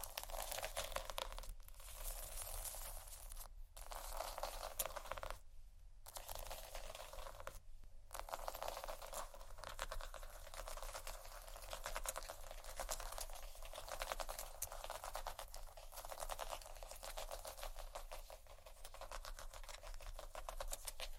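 Soft scratching and tapping on cardboard and silicone, a dense, crackly rustle that runs almost without pause. Brief silent breaks fall near 2, 3.5, 5.5 and 8 seconds, then the bright, grainy scratching continues steadily to the end at an even level.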